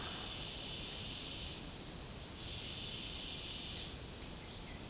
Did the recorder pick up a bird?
no